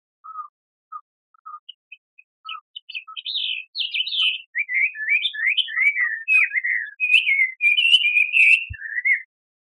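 Bird song opening with spaced soft low notes, building into a rapid, twittering warble of high slurred whistles, with one faint knock near the end.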